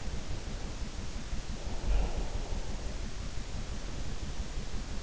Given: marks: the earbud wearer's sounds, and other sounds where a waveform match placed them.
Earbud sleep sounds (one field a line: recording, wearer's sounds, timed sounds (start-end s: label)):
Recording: sounds in sleep by an in-ear microphone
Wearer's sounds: breath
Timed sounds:
1.43-3.02 s: breath